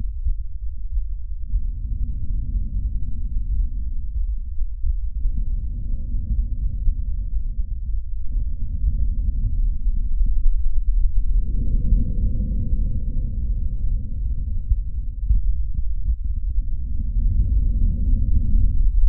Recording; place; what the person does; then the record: lung sounds by stethoscope; trachea; quiet breathing, then deep breathing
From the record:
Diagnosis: COPD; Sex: male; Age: 60 years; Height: 171 cm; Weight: 59.4 kg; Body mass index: 20.3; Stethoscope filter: bell mode